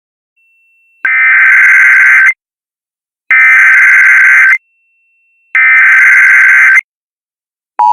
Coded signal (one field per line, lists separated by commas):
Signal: Emergency Alert System (SAME) tones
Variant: header bursts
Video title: (ARCHIVED) ***VALID EAS TONES*** EAS - YouTube Screen.